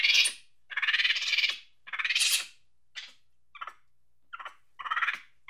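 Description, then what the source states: Monkey chattering angrily in harsh, noisy bursts, long scratchy outbursts first, then shorter clipped squawks in quick irregular succession. Angry chatter.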